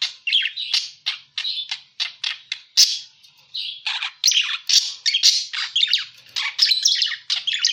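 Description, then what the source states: Parakeet utters short, sharp squawks in separate bursts, then runs into continuous raspy chatter. Lure sound used for catching birds.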